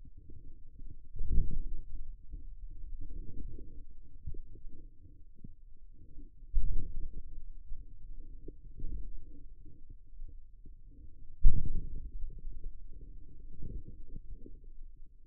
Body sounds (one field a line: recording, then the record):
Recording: forearm muscle sounds (acoustic myography)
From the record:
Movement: wrist flexion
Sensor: system 2, bracelet of six BSWA MPA416 microphones around the upper forearm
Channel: 6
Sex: male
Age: 22 years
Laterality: right